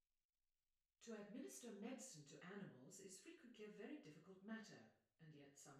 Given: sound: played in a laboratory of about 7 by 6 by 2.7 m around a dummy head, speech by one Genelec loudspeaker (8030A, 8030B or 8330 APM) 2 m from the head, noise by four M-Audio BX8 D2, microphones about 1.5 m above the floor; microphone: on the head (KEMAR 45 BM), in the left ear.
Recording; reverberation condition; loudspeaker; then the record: female speech in English; medium; 120 degrees to the right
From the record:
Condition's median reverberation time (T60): about 510 ms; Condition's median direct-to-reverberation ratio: about -0.5 dB